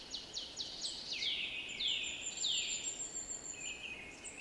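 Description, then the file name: Eurasian nuthatch calls: a rapid string of short, high piping notes, then slurred downward whistles, ending in a softer trailing note over a light background hiss. "Sitta europaea"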